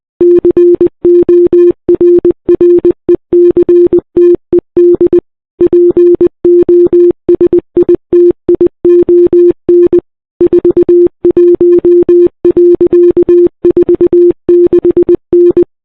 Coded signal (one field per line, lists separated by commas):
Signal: Morse code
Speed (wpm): 20 wpm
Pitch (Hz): 350 Hz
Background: none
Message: CORRECTED POSITION 41.46N